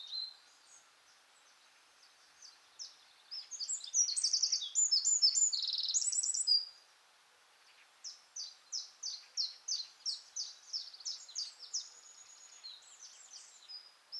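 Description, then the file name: Eurasian wren song, scattered high notes leading into a fast high trilling phrase, then after a pause a series of separate sharp high notes repeated steadily. "Troglodytes troglodytes"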